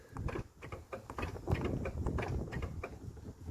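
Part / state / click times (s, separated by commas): truck bed topper rear hatch latch / not seated / none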